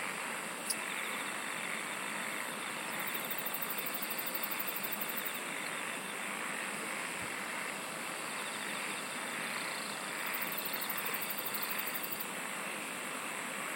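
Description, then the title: Insect chorus forming a constant shrill wash, with short runs of rapid high pulses coming and going and a single sharp click near the start. "SINGING OF INSECTS"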